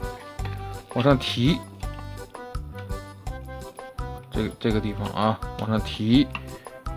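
A plastic cover part of a transforming robot toy is handled while being brought over the stowed head. Someone talks over background music, with brief handling sounds throughout. The cover has not snapped shut yet, and nothing has seated or clicked.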